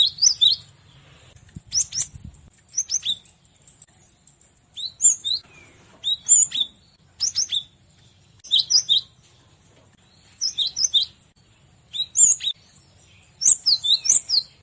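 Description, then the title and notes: Cinereous tit singing bright, high whistled phrases of a few rapid notes, given again every one to two seconds with brief pauses between. Song used to tutor captive songbirds. "Masteran Gelatik Batu. burung gelatik"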